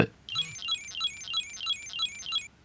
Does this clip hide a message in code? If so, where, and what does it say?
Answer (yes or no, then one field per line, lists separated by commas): no